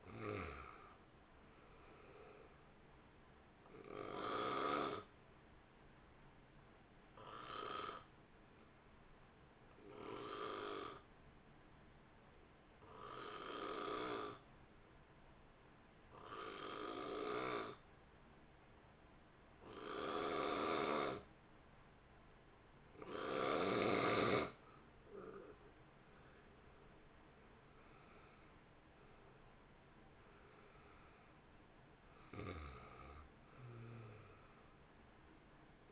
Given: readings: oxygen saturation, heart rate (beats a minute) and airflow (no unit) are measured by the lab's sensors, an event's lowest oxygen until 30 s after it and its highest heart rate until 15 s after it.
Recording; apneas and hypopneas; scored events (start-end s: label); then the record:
breathing in sleep by a voice recorder at the bedside; 1
4.00-24.70 s: hypopnea (N2, oxygen 91% highest, then 79% lowest, heart rate 63 at the start, 63 highest)
19.00-35.92 s: new sleep stage, N1 (lightest sleep)
From the record:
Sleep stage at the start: N2 (light sleep); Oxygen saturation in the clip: 79 to 91%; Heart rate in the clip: 51 to 64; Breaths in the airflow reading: 11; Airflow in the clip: -2.7 to 2.7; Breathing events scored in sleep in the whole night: 328 in 6.3 hours asleep